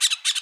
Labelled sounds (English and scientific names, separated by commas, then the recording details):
Brown-throated Parakeet (Eupsittula pertinax) contact call
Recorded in Bonaire
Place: just S of turnoff to Cai, near Lac Bay
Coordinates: 12.126, -68.239